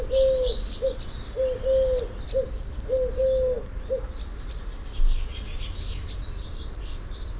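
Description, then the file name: Eurasian blue tit giving high, thin phrases of sweeping notes followed by quick repeated lower notes, twice; a soft, low hooting coo repeats underneath through the first half. "Cyanistes caeruleus"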